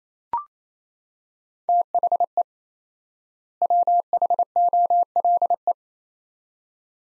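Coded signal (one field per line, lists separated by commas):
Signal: Morse code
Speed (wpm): 28 wpm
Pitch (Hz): 700 Hz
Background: none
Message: THE WHOLE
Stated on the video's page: 28 wpm Morse drill of two-word sets at 4x word spacing, a Farnsworth-like method; each set is sent, spoken, then sent again.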